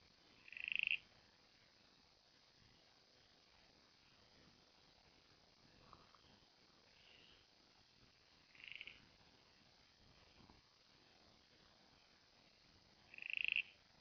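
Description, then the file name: Copper-backed broodfrog giving short pulsed creaking calls, a loud one at the start and end with fainter ones between. "pseudophryne raveni"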